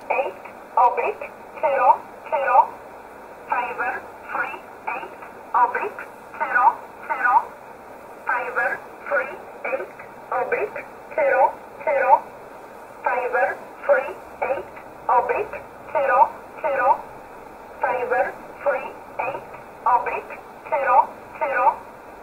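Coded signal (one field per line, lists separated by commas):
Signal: numbers station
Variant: E11 Oblique, English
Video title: 07 08 2019 E11 Oblique Numbers station in English 0901 on 7449 unknown tx site in USB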